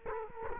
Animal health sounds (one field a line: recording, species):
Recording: mosquito wingbeat signal from an infrared sensor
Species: Culex quinquefasciatus